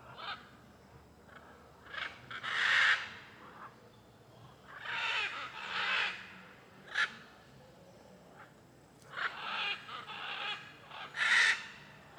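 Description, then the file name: Blue-and-yellow macaw calls: repeated harsh, grating squawks in uneven bursts, some long and loud, others short, above low background noise. Many macaws calling along a street in Alto Paraíso, Cerrado, Brazil. "Rua em Alto Paraiso com muitas araras cantando e carros passando"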